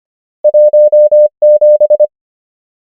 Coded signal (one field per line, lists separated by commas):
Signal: Morse code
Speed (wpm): 25 wpm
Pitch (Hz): 600 Hz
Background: none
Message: 1 7